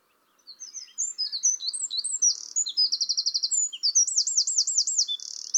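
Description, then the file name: Eurasian wren song, rapid high twittering building into a dry trill and then a rolling warbled sequence, sung without pause. "Troglodytes troglodytes"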